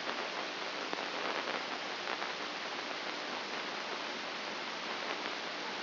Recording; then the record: brain microelectrode recording played as sound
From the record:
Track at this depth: inside the subthalamic nucleus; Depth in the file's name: 3.631 mm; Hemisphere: left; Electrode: 2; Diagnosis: Parkinson's disease